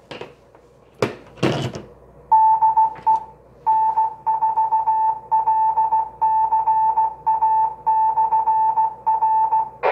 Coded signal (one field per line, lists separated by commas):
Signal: Morse code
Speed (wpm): 16 wpm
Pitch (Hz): 880 Hz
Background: none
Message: DE N4LCA/R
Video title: LCARA HAM Radio: Comet CTC-50M Window Jumper